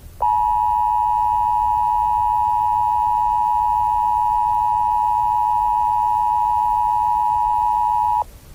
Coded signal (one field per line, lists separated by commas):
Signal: Emergency Alert System (SAME) tones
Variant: 853 and 960 Hz attention tone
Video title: It will find you. EAS SCENARIO